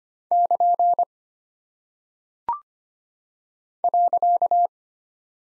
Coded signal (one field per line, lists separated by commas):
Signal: Morse code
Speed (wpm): 25 wpm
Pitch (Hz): 700 Hz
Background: none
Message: <KN> .